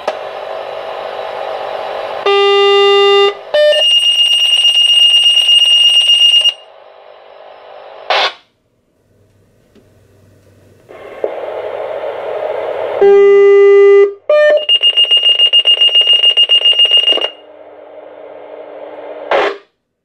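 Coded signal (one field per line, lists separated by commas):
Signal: two-tone page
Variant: Motorola Minitor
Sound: radio hiss, then a steady buzzy tone, a second tone, then fast high beeping, twice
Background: radio static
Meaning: A test page alerting the pagers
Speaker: you will hear the page go through, the A tone the B tone, and then you will hear the pager alert and then the squelch will turn off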